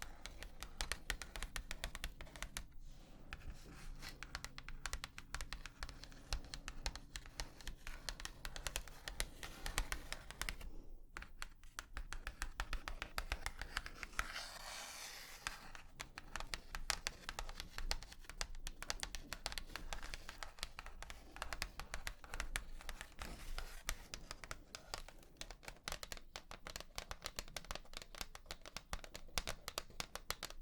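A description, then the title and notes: Rapid, dense tapping runs through the whole clip, a constant patter of small crisp clicks much like fast typing. Brief lulls come near 3 and 11 seconds, and a low steady hum sits underneath during the first ten seconds. 100% Tapping.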